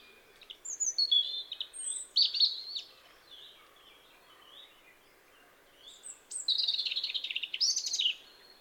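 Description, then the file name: European robin song, high thin warbled notes and whistles in two phrases, the second a fast buzzy trill near the end, little else heard. "Erithacus rubecula"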